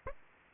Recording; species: mosquito wingbeat signal from an infrared sensor; Aedes aegypti